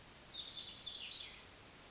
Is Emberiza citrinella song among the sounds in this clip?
no